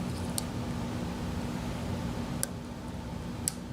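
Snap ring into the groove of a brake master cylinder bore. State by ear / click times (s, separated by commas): seated / 0.4 s, 2.4 s, 3.5 s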